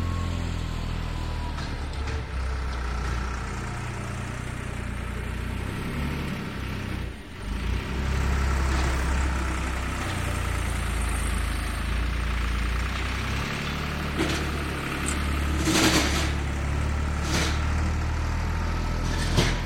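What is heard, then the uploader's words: A tractor clears snow with its blade, its engine a steady low rumble that holds throughout, dipping briefly around seven seconds. Short bright scraping bursts of metal over snow come between fourteen and eighteen seconds, over a constant hiss in the background. Snow Clearing by Tractor Blade. The distant, muffled hum of a tractor as it engages with the freshly fallen snow. The blade, cold and metallic, interacts with the snow in a rhythmic and soothing pattern. The listener can hear the granular texture of snow being compressed and shifted.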